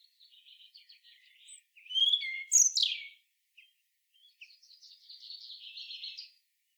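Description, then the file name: European robin song: soft high twittering, a louder sharp falling flourish in the middle, then a thin, wavering trill. "Erithacus rubecula"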